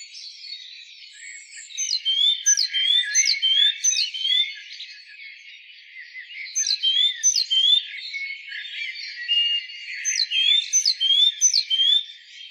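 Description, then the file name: Great tit singing a few bursts of repeated, slurred chirps amid steady high-pitched chatter. "Parus major"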